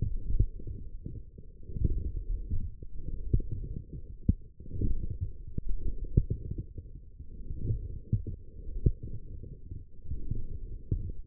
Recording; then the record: forearm muscle sounds (acoustic myography)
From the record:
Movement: forearm pronation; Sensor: system 1, eight BSWA MPA416 microphones around the upper forearm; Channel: 7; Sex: male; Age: 20 years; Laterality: left